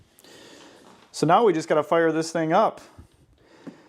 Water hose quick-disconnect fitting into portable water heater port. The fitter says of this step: and you'll hear that audibly click in